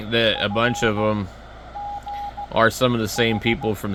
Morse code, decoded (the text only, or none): F G H